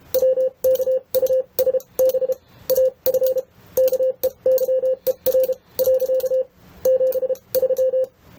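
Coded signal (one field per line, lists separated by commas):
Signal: Morse code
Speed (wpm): 31 wpm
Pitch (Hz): 520 Hz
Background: none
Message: WKUSB AF KEYER . 73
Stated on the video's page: Morse sent through a WKUSB-AF keyer, monitored as a display of sent characters.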